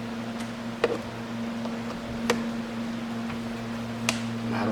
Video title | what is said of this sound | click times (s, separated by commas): How to Install S Series Sequential Cab Lights from Boost Auto | the pillar here that'll just snap out because we've pulled back a little bit here we got a little bit of working room | 0.8 s, 2.3 s, 4.1 s